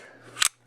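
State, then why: Seated. As the last step in reassembling a Century Arms CZ52 pistol, a metal part is popped back onto the pistol frame. After a faint low hum, a sharp metallic click snaps out at 0.4 s as the part seats, then the sound quickly fades to near silence.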